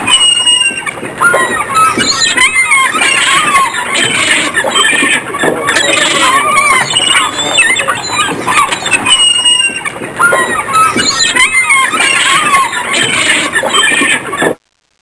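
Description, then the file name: Gulls calling in a dense flock, many overlapping squealing and mewing cries with wavering harmonic tones, continuous throughout with no pauses, then stopping abruptly at the end. Several gulls. "Seagulls"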